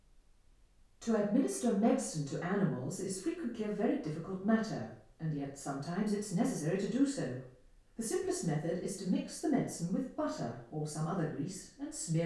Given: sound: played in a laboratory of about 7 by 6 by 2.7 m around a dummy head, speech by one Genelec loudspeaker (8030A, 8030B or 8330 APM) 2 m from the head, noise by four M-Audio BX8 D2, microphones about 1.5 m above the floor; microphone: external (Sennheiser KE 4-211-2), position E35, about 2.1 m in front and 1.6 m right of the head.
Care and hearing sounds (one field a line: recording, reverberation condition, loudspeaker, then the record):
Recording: female speech in English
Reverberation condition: medium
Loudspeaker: 30 degrees to the left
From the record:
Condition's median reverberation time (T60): about 510 ms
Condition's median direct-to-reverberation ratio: about -0.5 dB